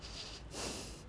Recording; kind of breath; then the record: one breath in and out by a microphone near the nose and mouth; strong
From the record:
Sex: male